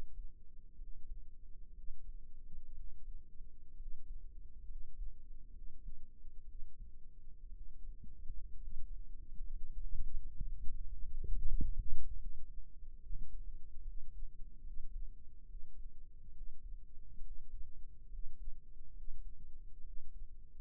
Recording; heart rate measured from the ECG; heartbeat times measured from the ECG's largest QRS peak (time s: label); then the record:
heart sounds by microphone in the right ear; 66 bpm
0.76 s: heartbeat
1.73 s: heartbeat
2.74 s: heartbeat
3.75 s: heartbeat
4.66 s: heartbeat
5.51 s: heartbeat
6.46 s: heartbeat
7.51 s: heartbeat
8.59 s: heartbeat
9.49 s: heartbeat
10.40 s: heartbeat
11.30 s: heartbeat
12.16 s: heartbeat
13.00 s: heartbeat
13.83 s: heartbeat
14.62 s: heartbeat
15.46 s: heartbeat
16.32 s: heartbeat
17.21 s: heartbeat
18.09 s: heartbeat
18.93 s: heartbeat
19.82 s: heartbeat
From the record:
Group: healthy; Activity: rest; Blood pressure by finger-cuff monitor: 98/63 mmHg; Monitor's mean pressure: 75 mmHg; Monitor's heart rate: 67 bpm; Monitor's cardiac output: 5.6 L/min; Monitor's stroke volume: 89 mL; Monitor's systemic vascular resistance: 930 dyn s/cm5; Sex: male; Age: 22 years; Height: 181 cm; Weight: 79 kg